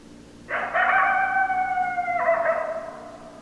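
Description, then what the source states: Coyote howl, a long, even, drawn-out tone that drops sharply partway through and trails off. Several coyotes, recorded on 10 December 2012.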